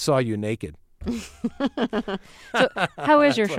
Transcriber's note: soundbite of laughter